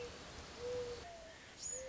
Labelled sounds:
Mourning Dove (Zenaida macroura)
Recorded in Sonoma County, California

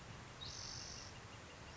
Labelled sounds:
Spotted Towhee (Pipilo maculatus)
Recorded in Sonoma County, California

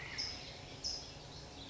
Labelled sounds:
California Towhee (Melozone crissalis)
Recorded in Sonoma County, California

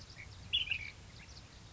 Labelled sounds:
Ash-throated Flycatcher (Myiarchus cinerascens)
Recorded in Sonoma County, California

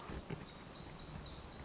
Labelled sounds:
Black-throated Gray Warbler (Setophaga nigrescens)
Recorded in Sonoma County, California

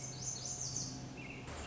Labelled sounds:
Lazuli Bunting (Passerina amoena)
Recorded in Sonoma County, California

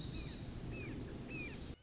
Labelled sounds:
Red-shouldered Hawk (Buteo lineatus)
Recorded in Sonoma County, California

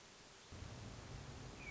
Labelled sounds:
Hermit Thrush (Catharus guttatus)
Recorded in Sonoma County, California

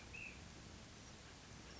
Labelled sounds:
Ash-throated Flycatcher (Myiarchus cinerascens)
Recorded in Sonoma County, California

